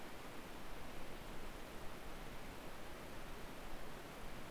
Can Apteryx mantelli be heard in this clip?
no